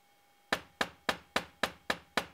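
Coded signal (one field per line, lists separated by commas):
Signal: tap code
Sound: seven quick, evenly spaced wooden knocks, about four per second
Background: faint electrical hum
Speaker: A disadvantage of this method is that up to 26 knocks have to be done for just one letter.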